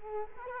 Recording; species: mosquito wingbeat signal from an infrared sensor; Culex quinquefasciatus